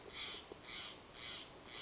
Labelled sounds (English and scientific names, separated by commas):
Steller's Jay (Cyanocitta stelleri)